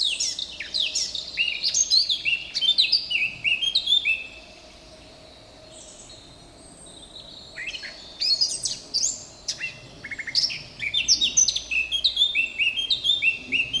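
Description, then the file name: Eurasian blackcap song in two long strophes of busy, varied warbling notes separated by a quiet pause of a few seconds. "Sylvia atricapilla"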